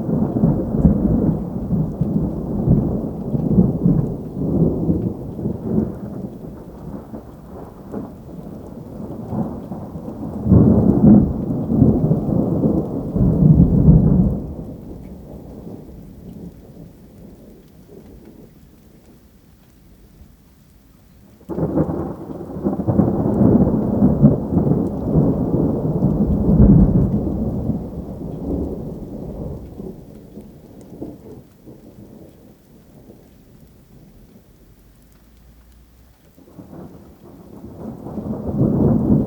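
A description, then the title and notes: Deep rolling thunder rumbles in long waves, loudest from about 11 to 14 seconds and again near 22 to 28, then swells at the end. Thunder Approaching.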